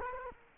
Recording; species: mosquito wingbeat signal from an infrared sensor; Culex quinquefasciatus